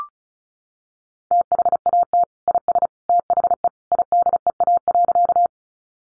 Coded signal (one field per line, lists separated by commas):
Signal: Morse code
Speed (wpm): 34 wpm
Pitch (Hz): 700 Hz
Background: none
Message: THAT IS THE IDEA.